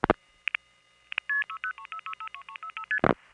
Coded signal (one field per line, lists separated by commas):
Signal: multi-frequency trunk signalling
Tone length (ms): 80 ms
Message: 60363ST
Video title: The Sounds of Long Distance pgm 8: DDD from Panel, 4M Dialpulsing, 1977 [re-upload corrects audio]